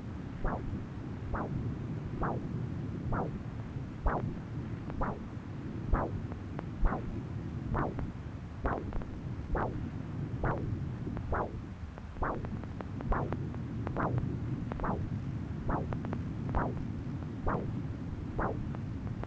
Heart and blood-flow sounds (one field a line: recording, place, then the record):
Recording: Doppler ultrasound of blood flow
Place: right subclavian vein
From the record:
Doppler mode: continuous wave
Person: adult scuba diver, at rest before a dive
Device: O'Dive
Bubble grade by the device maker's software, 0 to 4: 0